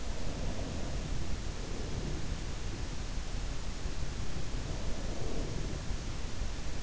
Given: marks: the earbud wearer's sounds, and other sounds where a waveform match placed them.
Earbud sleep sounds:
sounds in sleep by an in-ear microphone; breath
0.23-3.13 s: breath
4.40-6.83 s: breath

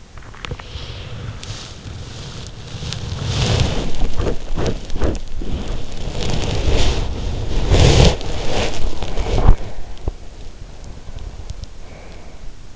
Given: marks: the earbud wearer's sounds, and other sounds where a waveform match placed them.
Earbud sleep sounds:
sounds in sleep by an in-ear microphone; body movement, breath
0.00-10.24 s: body movement
8.90-12.76 s: breath

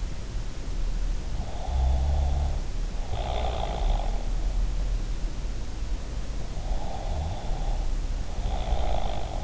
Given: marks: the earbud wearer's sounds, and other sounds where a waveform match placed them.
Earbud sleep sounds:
sounds in sleep by an in-ear microphone; snoring breath
1.71-4.12 s: snoring breath
6.80-9.44 s: snoring breath

